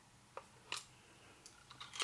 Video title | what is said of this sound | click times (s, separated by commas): Why Reload?....Part 3 | just squeeze it. You'll hear that snap. | 0.7 s